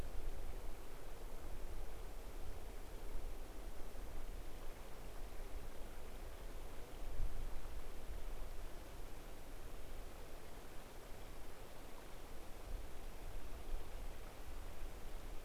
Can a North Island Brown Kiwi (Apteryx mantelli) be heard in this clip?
no